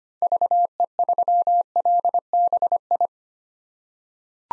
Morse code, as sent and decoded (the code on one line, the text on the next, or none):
...- . ...-- .-.. -... ..
VE3LBI